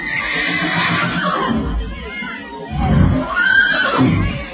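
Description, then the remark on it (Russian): A horse neighs in two loud, quavering bursts, the whinny rising and falling in pitch with a breathy, shaky edge, and no talking. “и поэтому у местных ребятишек моя лошадь вызвала огромный интерес.”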